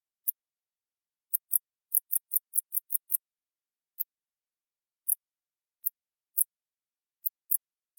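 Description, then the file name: Meadow grasshopper stridulating in very high, dry ticking pulses, a quick run of ticks followed by scattered single ticks. "niittyhepokatti"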